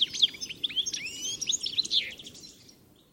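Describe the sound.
Bird calls of bright, quick chirps and short whistled slurs tumble together for about two seconds, then fade away, leaving only low hiss.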